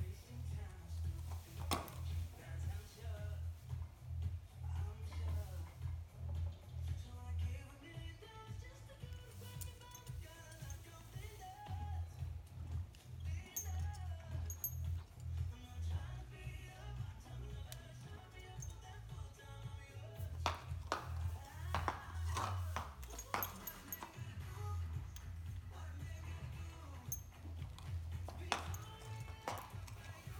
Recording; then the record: sound track of a video of a horse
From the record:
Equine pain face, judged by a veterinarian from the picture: absent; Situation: after eating a carrot, before or after surgery for tooth resorption and hypercementosis (EOTRH)